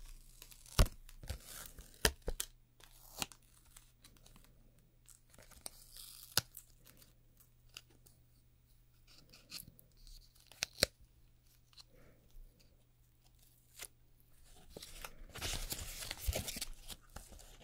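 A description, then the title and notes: Nail extension and gel work: sharp clicks and scraping taps at irregular moments, quiet between, a steady low hum, and a longer rustle near sixteen seconds. ASMR Doing Your Nails Nail Extension & Gel Nail (No Talking).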